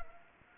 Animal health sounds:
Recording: mosquito wingbeat signal from an infrared sensor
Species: Anopheles arabiensis

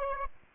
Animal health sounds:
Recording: mosquito wingbeat signal from an infrared sensor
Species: Aedes aegypti

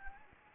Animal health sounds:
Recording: mosquito wingbeat signal from an infrared sensor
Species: Anopheles gambiae

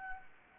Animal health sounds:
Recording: mosquito wingbeat signal from an infrared sensor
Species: Anopheles arabiensis

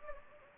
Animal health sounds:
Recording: mosquito wingbeat signal from an infrared sensor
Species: Anopheles gambiae

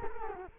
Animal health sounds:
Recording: mosquito wingbeat signal from an infrared sensor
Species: Culex quinquefasciatus

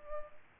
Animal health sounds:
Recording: mosquito wingbeat signal from an infrared sensor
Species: Culex pipiens

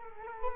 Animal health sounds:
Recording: mosquito wingbeat signal from an infrared sensor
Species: Culex quinquefasciatus

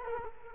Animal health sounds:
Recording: mosquito wingbeat signal from an infrared sensor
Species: Culex quinquefasciatus

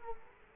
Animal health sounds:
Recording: mosquito wingbeat signal from an infrared sensor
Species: Culex quinquefasciatus

